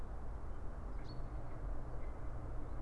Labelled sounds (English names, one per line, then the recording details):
Common Chaffinch
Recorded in Germany
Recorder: ecoPi